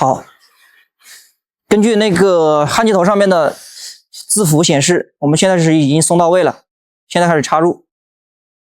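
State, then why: Not seated. A metal QBH-type fiber optic output connector is handled for insertion into the receptacle of a laser welding head after its locking ring has been loosened. Someone talks through most of the clip, with faint soft noises between phrases. Nothing has seated or clicked yet.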